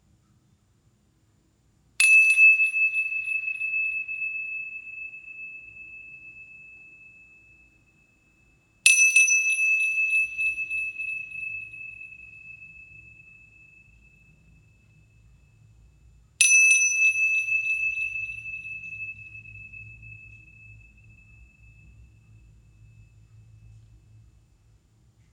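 A metal healing bowl is struck three times, at roughly even intervals about seven seconds apart. Each strike rings out bright and clear, then fades slowly over several seconds. A faint low rumble sits underneath, growing slightly in the final strike's decay.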